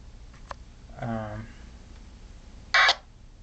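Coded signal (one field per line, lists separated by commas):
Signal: packet radio (AX.25, as in APRS)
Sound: quiet room, a short voice sound, then one harsh quarter-second warbling data burst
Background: brief voice, room hiss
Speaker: I have my HT this is a V x7r and it's tuned to the same frequency so you'll be able to hear what the packet signal sounds like so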